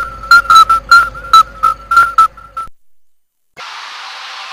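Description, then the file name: Common midwife toad giving quick, clear whistled notes on a single pitch for about two and a half seconds, with some clicks, then silence and a burst of hiss. "Geburtshelferkröte"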